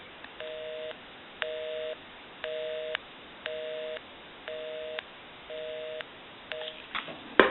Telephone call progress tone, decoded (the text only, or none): busy tone